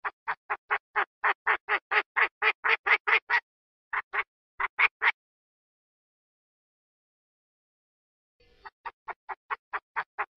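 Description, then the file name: Partridge calling in a fast series of short harsh notes, a pause with a few notes, then the series resumes after a silent gap. Female calling the male, recorded in Thailand. "tieng ga go mai goi trong thai lan"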